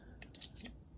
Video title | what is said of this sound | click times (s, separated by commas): Mobius Maxi 4K Camera - Unboxing & Review | you literally just slide it right like that clicks into place and now you can mount it | 0.2 s, 0.3 s